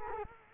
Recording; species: mosquito wingbeat signal from an infrared sensor; Culex quinquefasciatus